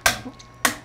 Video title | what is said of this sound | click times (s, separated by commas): Companion High Speed Spindle, LinuxCNC | just tighten until it clicks and it's done 58 foot pounds and take this off | 0.1 s, 0.7 s